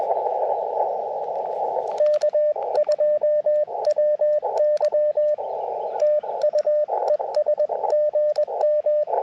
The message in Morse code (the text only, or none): K2WY TU ES GM